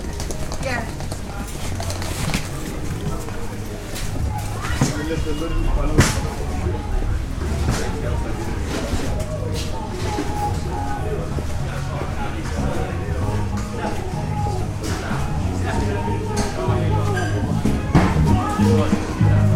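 A walk through the medieval streets of York, filled with a steady murmur of many voices talking at once. Sharp clacks and knocks break through every few seconds, like footsteps or objects, over a constant low rumble that runs throughout.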